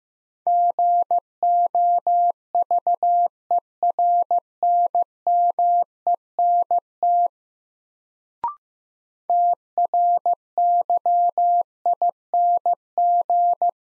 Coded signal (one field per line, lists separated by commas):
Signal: Morse code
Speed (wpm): 15 wpm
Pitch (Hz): 700 Hz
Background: none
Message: GOVERNMENT TRYING